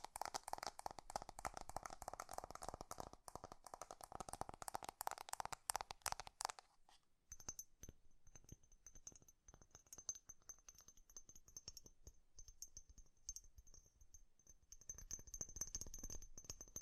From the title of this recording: ASMR 3D Fast Tapping